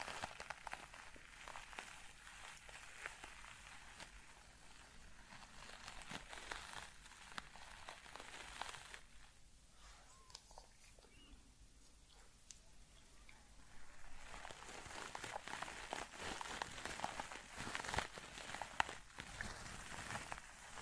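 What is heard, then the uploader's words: A scalp massage: fingers rub through hair in a dense, crackling hiss with many tiny crisp ticks. The rubbing softens and thins out from about nine to fourteen seconds, then returns louder and busier until the end. ASMR Scalp Massage.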